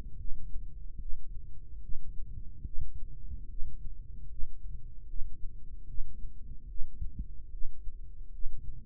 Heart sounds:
heart sounds by microphone in the right ear; 74 bpm
0.19 s: heartbeat
1.00 s: heartbeat
1.82 s: heartbeat
2.65 s: heartbeat
3.49 s: heartbeat
4.30 s: heartbeat
5.08 s: heartbeat
5.88 s: heartbeat
6.69 s: heartbeat
7.52 s: heartbeat
8.32 s: heartbeat
From the record:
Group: healthy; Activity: cold pressor test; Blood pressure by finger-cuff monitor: 96/55 mmHg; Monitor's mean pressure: 68 mmHg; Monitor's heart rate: 73 bpm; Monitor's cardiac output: 4.2 L/min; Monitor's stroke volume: 56 mL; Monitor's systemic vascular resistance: 1160 dyn s/cm5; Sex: male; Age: 55 years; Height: 167 cm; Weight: 57.2 kg

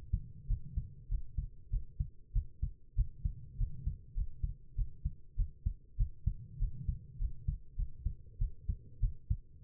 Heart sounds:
heart sounds by stethoscope; 98 bpm
0.47 s: heartbeat
1.08 s: heartbeat
1.70 s: heartbeat
2.32 s: heartbeat
2.95 s: heartbeat
3.57 s: heartbeat
4.14 s: heartbeat
4.75 s: heartbeat
5.36 s: heartbeat
5.96 s: heartbeat
6.58 s: heartbeat
7.18 s: heartbeat
7.76 s: heartbeat
8.38 s: heartbeat
9.00 s: heartbeat
9.62 s: heartbeat
From the record:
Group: healthy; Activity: rest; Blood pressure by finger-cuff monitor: 113/74 mmHg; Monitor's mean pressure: 86 mmHg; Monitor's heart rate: 97 bpm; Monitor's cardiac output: 7.9 L/min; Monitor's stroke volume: 81 mL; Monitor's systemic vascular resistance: 800 dyn s/cm5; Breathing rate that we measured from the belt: 19 breaths a minute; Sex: female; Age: 19 years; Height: 163 cm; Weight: 51 kg

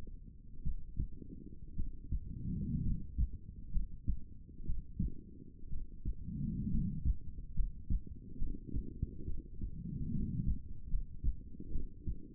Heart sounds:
heart sounds by stethoscope; 65 bpm
0.62 s: heartbeat
1.75 s: heartbeat
2.81 s: heartbeat
3.70 s: heartbeat
4.65 s: heartbeat
5.68 s: heartbeat
6.69 s: heartbeat
7.53 s: heartbeat
8.37 s: heartbeat
9.25 s: heartbeat
10.11 s: heartbeat
10.88 s: heartbeat
11.71 s: heartbeat
From the record:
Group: healthy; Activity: rest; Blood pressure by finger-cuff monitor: 122/68 mmHg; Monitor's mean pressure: 88 mmHg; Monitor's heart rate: 67 bpm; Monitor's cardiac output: 6.7 L/min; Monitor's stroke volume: 105 mL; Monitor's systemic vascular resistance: 990 dyn s/cm5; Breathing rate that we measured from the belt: 16 breaths a minute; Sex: female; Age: 23 years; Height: 160 cm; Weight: 50.4 kg

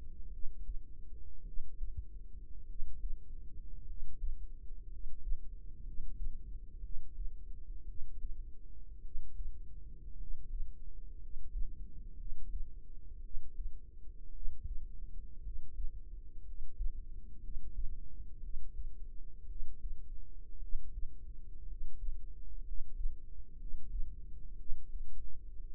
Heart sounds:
heart sounds by microphone in the right ear; 57 bpm
0.28 s: heartbeat
1.42 s: heartbeat
2.65 s: heartbeat
3.84 s: heartbeat
4.87 s: heartbeat
5.82 s: heartbeat
6.79 s: heartbeat
7.84 s: heartbeat
9.00 s: heartbeat
10.15 s: heartbeat
11.17 s: heartbeat
12.15 s: heartbeat
13.20 s: heartbeat
14.30 s: heartbeat
15.40 s: heartbeat
16.42 s: heartbeat
17.39 s: heartbeat
18.39 s: heartbeat
19.45 s: heartbeat
20.58 s: heartbeat
21.65 s: heartbeat
22.62 s: heartbeat
23.56 s: heartbeat
24.55 s: heartbeat
25.60 s: heartbeat
From the record:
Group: healthy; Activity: rest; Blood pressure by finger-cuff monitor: 105/53 mmHg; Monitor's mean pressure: 66 mmHg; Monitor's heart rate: 58 bpm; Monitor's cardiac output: 5 L/min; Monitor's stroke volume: 88 mL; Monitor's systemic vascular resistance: 940 dyn s/cm5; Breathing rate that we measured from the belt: 10 breaths a minute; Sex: male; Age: 25 years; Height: 170 cm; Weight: 70.4 kg

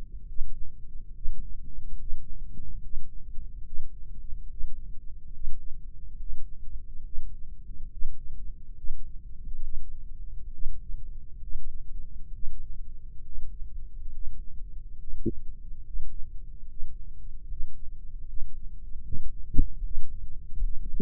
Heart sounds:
heart sounds by microphone in the right ear; 71 bpm
0.26 s: heartbeat
1.13 s: heartbeat
1.98 s: heartbeat
2.81 s: heartbeat
3.64 s: heartbeat
4.48 s: heartbeat
5.31 s: heartbeat
6.17 s: heartbeat
7.03 s: heartbeat
7.90 s: heartbeat
8.76 s: heartbeat
9.62 s: heartbeat
10.51 s: heartbeat
11.40 s: heartbeat
12.32 s: heartbeat
13.23 s: heartbeat
14.11 s: heartbeat
14.98 s: heartbeat
15.84 s: heartbeat
16.67 s: heartbeat
17.48 s: heartbeat
18.27 s: heartbeat
19.05 s: heartbeat
19.82 s: heartbeat
20.61 s: heartbeat
From the record:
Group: healthy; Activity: Valsalva maneuver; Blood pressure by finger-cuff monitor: 95/65 mmHg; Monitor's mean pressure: 73 mmHg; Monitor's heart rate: 71 bpm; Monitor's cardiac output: 5.2 L/min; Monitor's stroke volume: 74 mL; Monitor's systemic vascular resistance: 1010 dyn s/cm5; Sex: female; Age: 22 years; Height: 163 cm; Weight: 67.1 kg

